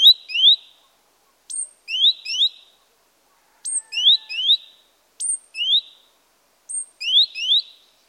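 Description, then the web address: Great tit calling: loud groups of a high downslurred note and two rising swept notes, repeated roughly every one and a half seconds. "pub SETE data Parus major"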